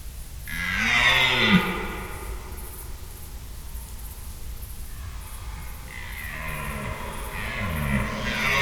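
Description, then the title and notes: Red deer stag roars, one long bellow near the start, a quiet gap, then a second roaring bout building toward the end. Stags calling overnight during the rut; Schönbuch near Tübingen, Germany; September 2023. "red deer stags calling during the rut. Recorded in Schönbuch, near Tübingen, DE"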